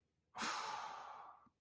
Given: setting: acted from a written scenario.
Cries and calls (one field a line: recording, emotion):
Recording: vocal sound without words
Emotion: guilt